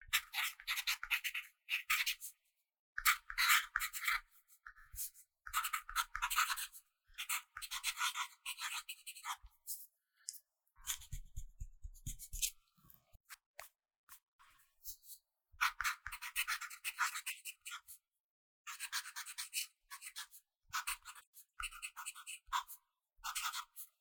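A pencil writes in short bursts of dry, bright scratching, each stroke run lasting a second or two with brief silent gaps between. Around the middle a softer, lower tapping sits under the strokes, then the quick scratchy writing resumes steadily to the end.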